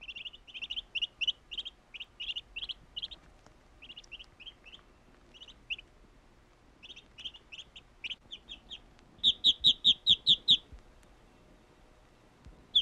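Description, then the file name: Bird chirping in high notes in irregular clusters, then a louder, rapid run of chirps near the end. "Birds chirping and tweeting"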